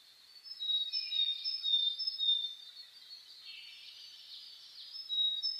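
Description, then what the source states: Several birds singing at dawn, clear high whistles and twittering phrases overlapping, louder in the first half and near the end. Dawn chorus (reimei) of birdsong (saezuri) recorded on 10 May 2010.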